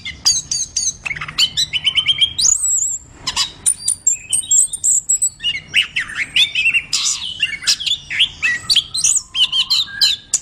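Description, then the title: Orange-headed thrush song of dense, jumbled phrases: sharp ticks, thin high whistles and warbling notes strung together with hardly a break. Singing persistently and loudly (gacor). "Anis Kembang Gacor"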